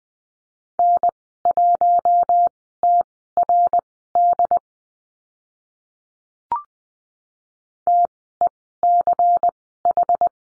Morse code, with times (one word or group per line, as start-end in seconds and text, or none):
0.8-4.6 N1TRD
7.9-10.3 TECH